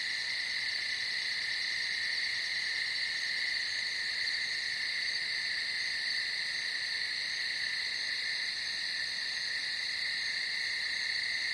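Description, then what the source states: Cricket trilling in one continuous, unbroken high buzz that holds steady in pitch and loudness for the whole stretch, with no pauses. In the forest.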